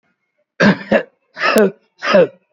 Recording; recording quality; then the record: heavy voluntary cough; moderate, slight background noise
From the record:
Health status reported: COVID-19 positive, moderate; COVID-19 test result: positive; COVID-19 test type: RT-PCR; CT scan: taken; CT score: 13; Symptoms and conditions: cough, cold, breathing difficulty, sore throat, fever, fatigue, muscle pain, asthma, another respiratory illness, hypertension, ischaemic heart disease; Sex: male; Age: 81 years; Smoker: no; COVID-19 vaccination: both doses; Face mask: worn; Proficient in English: yes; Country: India